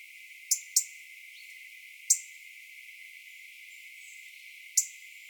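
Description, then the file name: European robin uttering crisp, dry ticks, two close together, then single ticks spaced irregularly a few seconds apart. "Erithacus rubecula"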